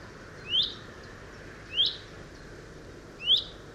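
Chaffinch giving three short rising whistled calls spaced about one and a quarter to one and a half seconds apart, with soft background hiss.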